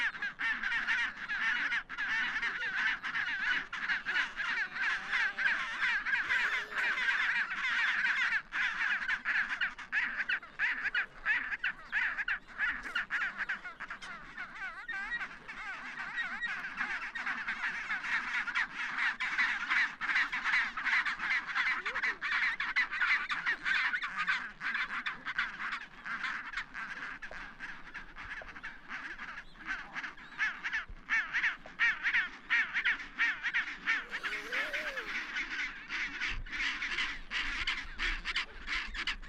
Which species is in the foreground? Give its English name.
Chinstrap Penguin